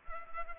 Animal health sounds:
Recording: mosquito wingbeat signal from an infrared sensor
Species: Culex pipiens

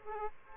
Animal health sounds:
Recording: mosquito wingbeat signal from an infrared sensor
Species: Aedes aegypti

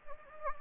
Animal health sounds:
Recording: mosquito wingbeat signal from an infrared sensor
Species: Anopheles gambiae

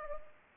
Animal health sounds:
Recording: mosquito wingbeat signal from an infrared sensor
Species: Anopheles arabiensis

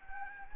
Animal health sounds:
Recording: mosquito wingbeat signal from an infrared sensor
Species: Anopheles gambiae

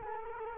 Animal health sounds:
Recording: mosquito wingbeat signal from an infrared sensor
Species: Culex quinquefasciatus

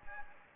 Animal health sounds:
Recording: mosquito wingbeat signal from an infrared sensor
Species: Anopheles gambiae

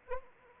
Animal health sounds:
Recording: mosquito wingbeat signal from an infrared sensor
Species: Anopheles arabiensis

